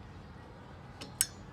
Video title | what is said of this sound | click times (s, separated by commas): How to replace windshield wipers: Mitsubishi Montero MK1 | there it goes you hear that little click | 1.2 s